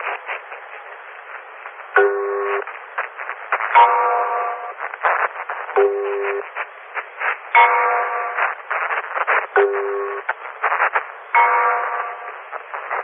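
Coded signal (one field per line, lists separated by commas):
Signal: numbers station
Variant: E03 Lincolnshire Poacher, English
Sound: evenly spaced short synthetic spoken words, about 6 in 13 seconds, over shortwave hiss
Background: radio static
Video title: Zahlensender / Number Station E03 - The Lincolnshire Poacher - 04.01.1998 - 14:02 UTC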